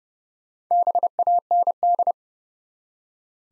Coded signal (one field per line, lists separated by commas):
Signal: Morse code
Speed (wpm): 31 wpm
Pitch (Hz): 700 Hz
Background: none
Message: BAND